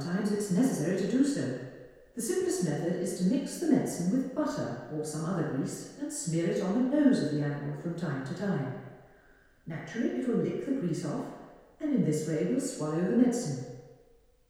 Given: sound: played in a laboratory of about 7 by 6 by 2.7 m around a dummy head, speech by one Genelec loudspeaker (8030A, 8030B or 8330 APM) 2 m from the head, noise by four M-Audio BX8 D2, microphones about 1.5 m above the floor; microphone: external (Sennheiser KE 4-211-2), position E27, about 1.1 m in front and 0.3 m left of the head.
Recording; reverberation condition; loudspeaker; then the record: female speech in English; high; behind (180 degrees)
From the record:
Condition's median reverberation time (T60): about 1300 ms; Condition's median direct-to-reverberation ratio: about -4.0 dB